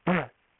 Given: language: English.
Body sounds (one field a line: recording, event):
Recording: throat vibration sensor signal played as sound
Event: throat clearing